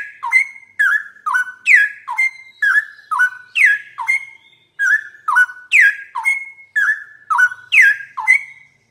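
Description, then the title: Straw-headed bulbul song: loud, rich whistled notes swooping down then levelling, repeated about twice a second in a steady, bubbling series with brief pauses. Male, singing prolifically with a loud voice and long rolling phrases; used as a tutor recording for training songbirds. "Cucak ROWO Jantan GACOR Suara Lantang ROoo EL Panjang"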